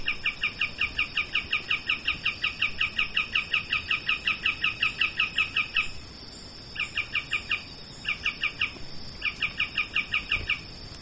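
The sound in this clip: Bird giving a fast series of bright two-part chirps, a long run followed by shorter bursts after brief pauses, over a steady high hum.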